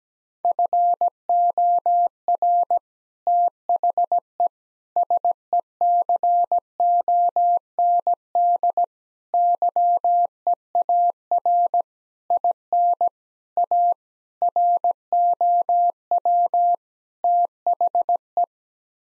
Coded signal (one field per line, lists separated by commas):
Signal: Morse code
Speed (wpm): 17 wpm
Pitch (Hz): 700 Hz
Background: none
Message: FOR THE SECOND YEAR IN A ROW THE